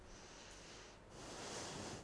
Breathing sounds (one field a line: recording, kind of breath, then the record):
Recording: one breath in and out by a microphone near the nose and mouth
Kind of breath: deep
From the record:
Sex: female